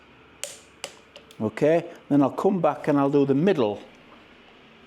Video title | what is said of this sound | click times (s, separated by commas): My ebike turns off without warning, whats wrong with it? Lets try to find out. | till it clicks. | 0.4 s, 0.8 s